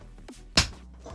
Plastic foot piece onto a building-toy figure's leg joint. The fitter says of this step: and then you get a satisfying click.